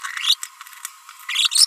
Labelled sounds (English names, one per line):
Green-rumped Parrotlet babbling